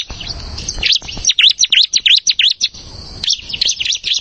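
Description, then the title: Plain prinia song: a fast series of high, slurred chip notes, then a brief lull and another quick run. Song used for training cage birds. "Ciblek Sawah"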